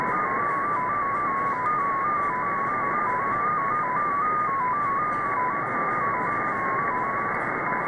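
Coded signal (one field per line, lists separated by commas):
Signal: numbers station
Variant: XPA2 digital MFSK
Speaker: so this is xp a2 uh on 13394 upper sideband and this comes from moscow russia it is a digital number station spy number station actually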